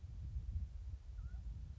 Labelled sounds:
Mountain Quail
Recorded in Sonoma County, California

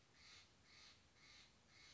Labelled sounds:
Steller's Jay
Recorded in Sonoma County, California

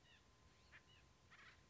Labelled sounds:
Acorn Woodpecker
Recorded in Sonoma County, California

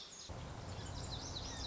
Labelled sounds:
Lazuli Bunting
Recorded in Sonoma County, California

